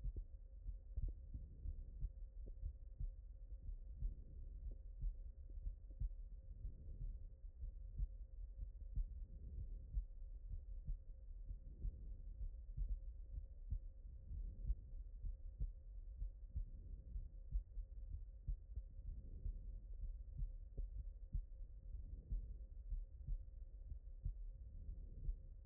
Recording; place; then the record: heart sounds by stethoscope; aortic valve (AV)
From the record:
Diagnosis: non-HFrEF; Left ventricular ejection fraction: 66%